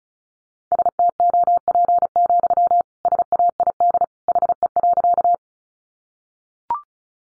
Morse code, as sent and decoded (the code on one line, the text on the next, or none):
... - --- .--. --..-- / ... .- .. -.. / .... . .-.-.-
STOP, SAID HE.